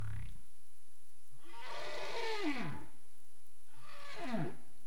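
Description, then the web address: Humpback whale vocal units: a brief low grunt, then a long harsh wailing unit sliding downward, and a shorter falling cry near the end. Recorded in the Caribbean on 27 April 2035 at 22:05 UTC. "CARIMAM. humpback whale 20350427 220531 UTC"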